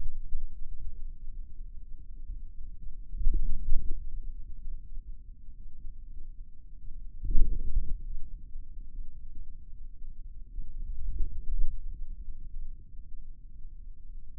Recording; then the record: forearm muscle sounds (acoustic myography)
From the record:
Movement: ulnar deviation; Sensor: system 2, bracelet of six BSWA MPA416 microphones around the upper forearm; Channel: 4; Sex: male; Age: 22 years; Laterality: right